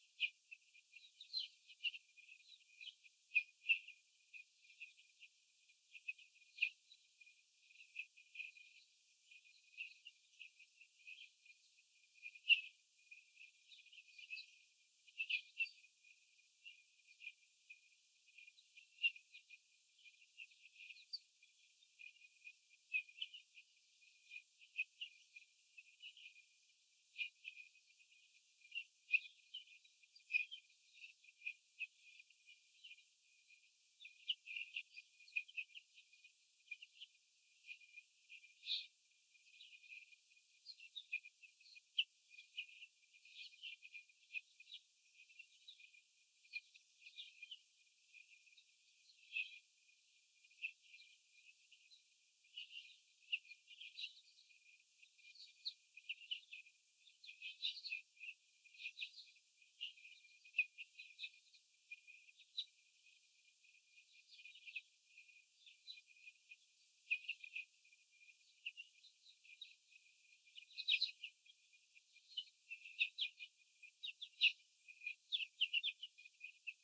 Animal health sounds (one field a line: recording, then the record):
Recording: young laying hens in a cage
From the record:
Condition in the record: after the stressor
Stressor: sudden umbrella opening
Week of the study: 3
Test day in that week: 2